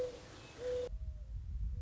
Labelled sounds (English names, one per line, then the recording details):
Mourning Dove
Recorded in Sonoma County, California